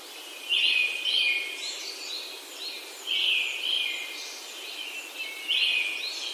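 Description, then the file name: Brown-headed thrush song of repeated whistled phrases, returning roughly every two to three seconds. "akahara"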